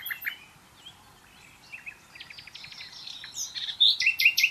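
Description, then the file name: Common nightingale singing: soft scattered notes at first, building to loud, repeated ringing chips and whistles at the end. "Luscinia megarhynchos"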